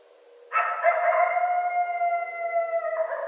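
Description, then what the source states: Coyote howl: a rough onset swells into a long, steady, slightly descending wail, followed by a brief harsher break. Coyotes, more than one, recorded at night on 5 January 2013.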